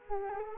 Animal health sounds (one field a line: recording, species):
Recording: mosquito wingbeat signal from an infrared sensor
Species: Culex quinquefasciatus